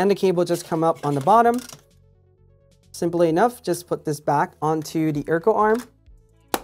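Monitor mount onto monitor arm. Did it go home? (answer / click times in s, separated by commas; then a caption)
yes / 6.5 s. A BenQ PD2706UA Pro Designer Display is put back onto its Ergo arm mount while someone talks. After a pause in the talking, the display snaps into place with a single sharp click at 6.5 s, seated on the arm.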